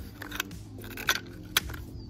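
The bowstring on a homemade wooden cookie crossbow is pulled back into the trigger catch, with light ticks and scrapes around 0.2, 0.4 and 1.1 seconds. The string clicks into place in the catch with a sharp snap at 1.6 seconds, leaving it seated.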